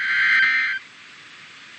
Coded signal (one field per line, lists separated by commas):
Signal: Emergency Alert System (SAME) tones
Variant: end-of-message bursts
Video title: 500 EAS ALERTS! - Severe Weather Alerts from 5/19/2026 EAS (#493-#501)